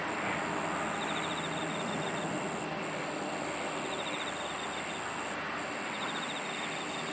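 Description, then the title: Insects sing a continuous high drone with short bursts of fast pulsed trilling, over a fuller low rumble and hiss. "SINGING OF INSECTS"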